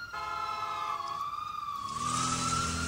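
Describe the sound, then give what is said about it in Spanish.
An ambulance siren wails in a steady, slowly wavering tone rich in overtones, with a rumble of traffic-jam noise swelling underneath toward the end. “Dios mío, ¿llamaste a una ambulancia? ¿Hace media hora ya?”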